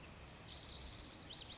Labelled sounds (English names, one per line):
Spotted Towhee